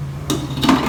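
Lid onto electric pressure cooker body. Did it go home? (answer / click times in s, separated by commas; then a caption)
no / none. A lid is set back onto the body of a Geek Robocook electric pressure cooker after serving, to keep the food hot for a long while. Light handling knocks and scrapes are heard at about 0.3 s and again around 0.6–0.7 s. The lid has not locked or seated yet.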